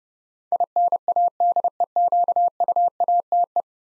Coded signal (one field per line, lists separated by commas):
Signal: Morse code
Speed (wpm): 30 wpm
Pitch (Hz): 700 Hz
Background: none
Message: INADEQUATE